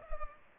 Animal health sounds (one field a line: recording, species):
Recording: mosquito wingbeat signal from an infrared sensor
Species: Culex pipiens